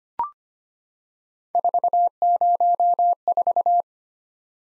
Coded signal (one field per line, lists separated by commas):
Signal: Morse code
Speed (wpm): 25 wpm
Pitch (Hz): 700 Hz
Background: none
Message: 404